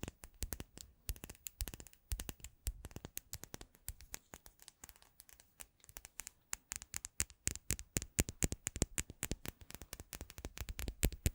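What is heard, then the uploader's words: Rapid, irregular tapping with sharp, bright clicks, sparse early on, then denser and faster bursts after about six seconds, continuing to the end. ASMR Addictive Tapping.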